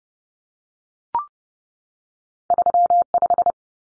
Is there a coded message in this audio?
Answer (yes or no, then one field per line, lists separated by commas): yes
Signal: Morse code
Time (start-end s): 2.5-3.5 s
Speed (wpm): 29 wpm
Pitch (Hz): 700 Hz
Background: none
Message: 35